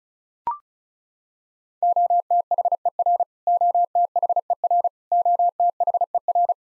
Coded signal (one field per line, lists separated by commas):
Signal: Morse code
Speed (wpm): 36 wpm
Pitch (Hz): 700 Hz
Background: none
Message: OTHER OTHER OTHER